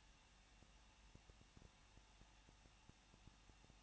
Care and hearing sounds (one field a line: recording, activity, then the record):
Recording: daily activity, microphone in the room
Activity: no activity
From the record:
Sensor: 1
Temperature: 20.1 degrees Celsius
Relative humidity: 39.0%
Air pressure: 1006.6 hPa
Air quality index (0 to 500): 216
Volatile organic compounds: 71 ppm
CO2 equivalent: 3531 ppm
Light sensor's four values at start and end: 1/2/1/1 and 1/2/1/1